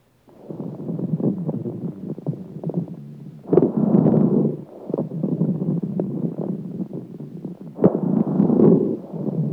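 Dense, rapid popping and clicking heard over an adult's lungs, growing louder with two stronger breaths about four seconds apart. These are airway crackles, discontinuous sounds from small airways snapping open or fluid in the airways.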